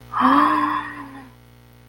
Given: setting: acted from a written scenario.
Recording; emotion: vocal sound without words; awe